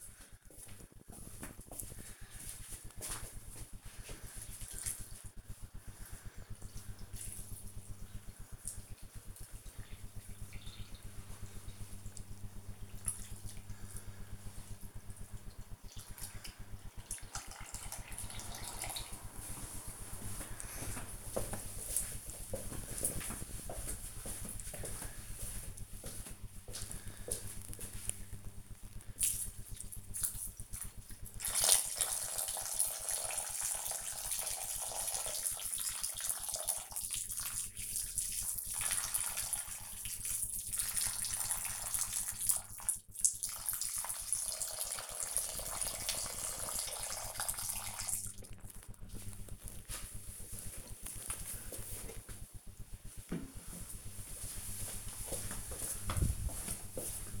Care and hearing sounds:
household activities, microphone on the right wrist
0.00-50.91 s: watering plant

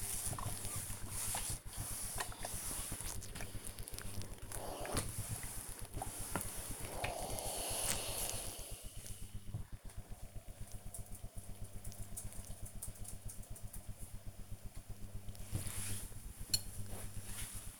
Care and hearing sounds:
household activities, microphone on the right wrist
0.00-9.76 s: ironing laundry
13.80-17.80 s: folding laundry

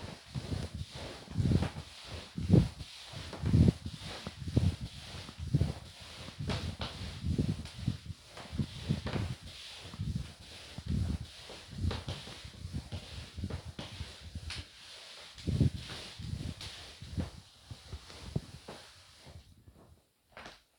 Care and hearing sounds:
household activities, microphone on the right wrist
0.00-20.79 s: floor cleaning

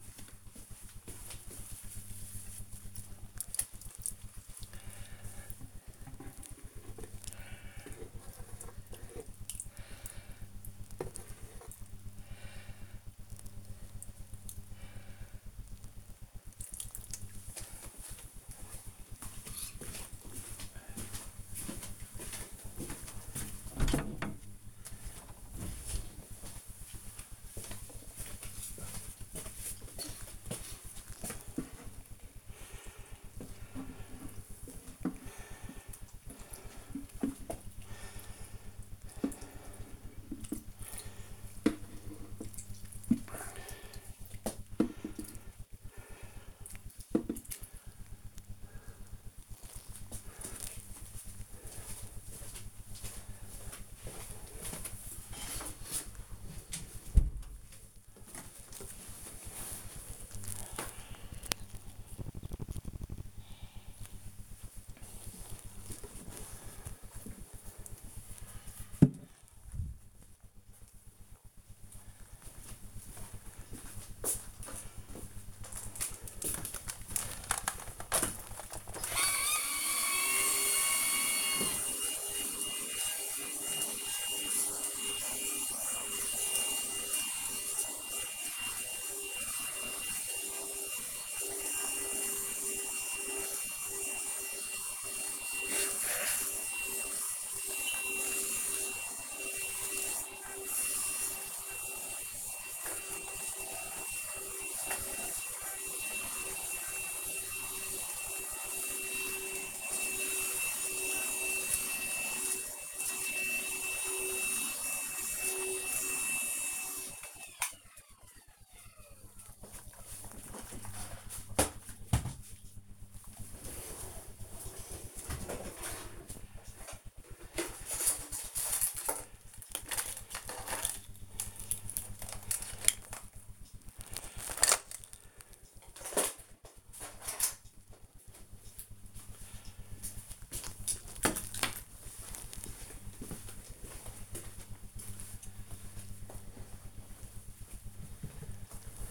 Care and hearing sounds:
household activities, microphone on the right wrist
0.00-50.03 s: watering plant
78.18-117.46 s: vacuum cleaning

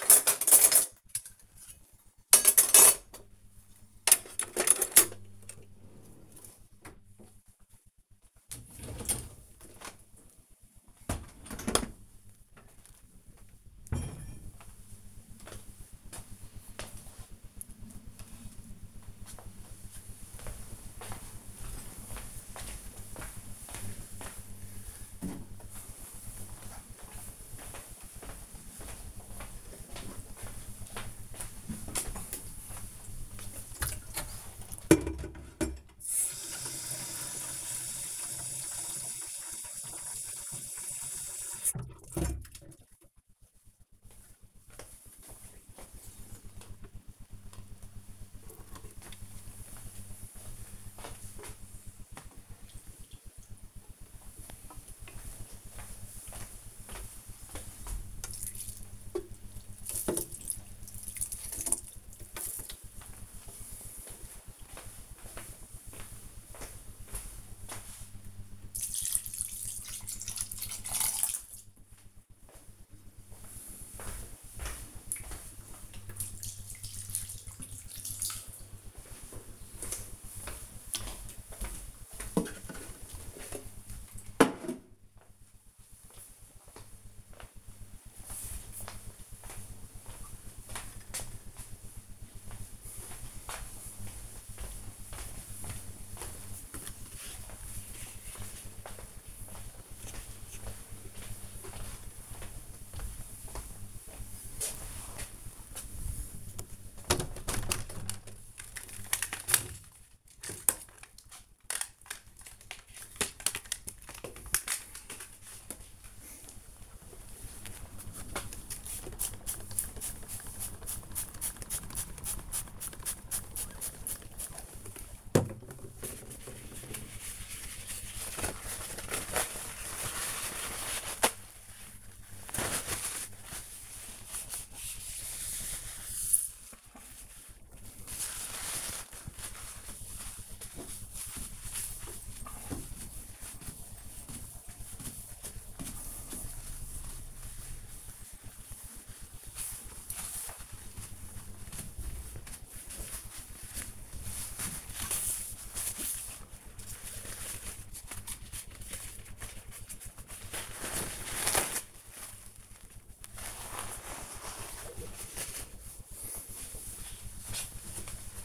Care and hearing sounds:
household activities, microphone on the right wrist
0.00-10.12 s: cleaning out the dishwasher
34.25-83.58 s: watering plant
106.70-168.45 s: window cleaning

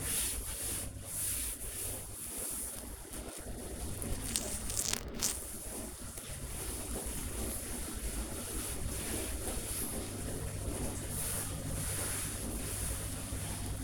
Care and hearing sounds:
household activities, microphone on the right wrist
0.00-13.84 s: kitchen

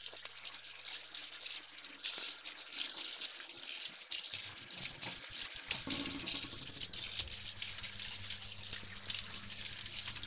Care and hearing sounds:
household activities, microphone on the right wrist
0.00-10.27 s: washing dishes

